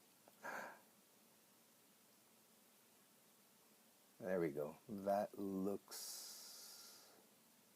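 A replacement balance assembly is positioned and aligned by hand over a watch movement before being pressed home, with only quiet handling and no impact sounds. A soft breathy burst is heard near 0.5 s, someone talks from about 4.2 to 5.8 s, and a broad hiss follows from about 5.9 to 7.2 s. Nothing has snapped into place yet.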